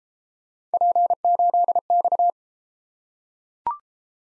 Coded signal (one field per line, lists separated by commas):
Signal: Morse code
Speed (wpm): 31 wpm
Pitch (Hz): 700 Hz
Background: none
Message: P8X